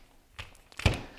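The release on a ball-lock quick-release module in a combat robot shell is pressed, and the locked part lifts straight out with soft thunk and tap sounds after a faint earlier knock. The latch releases with clicks at 0.8 s and 0.9 s, and the release is simple.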